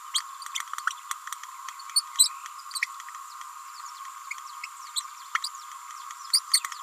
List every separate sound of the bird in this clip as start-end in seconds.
0.14-0.22, 1.95-2.03, 2.18-2.30, 2.75-2.80, 5.43-5.48, 6.33-6.40, 6.53-6.60